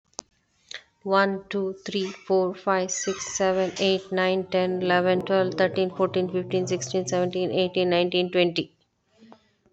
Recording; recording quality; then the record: counting at a fast pace; moderate, slight background noise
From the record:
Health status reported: COVID-19 positive, mild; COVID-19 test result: positive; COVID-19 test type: RT-PCR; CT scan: not taken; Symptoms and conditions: cough, cold, sore throat, fever, fatigue, muscle pain, diabetes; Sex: female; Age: 49 years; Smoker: no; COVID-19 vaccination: both doses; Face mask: worn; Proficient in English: yes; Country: India